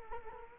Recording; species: mosquito wingbeat signal from an infrared sensor; Culex quinquefasciatus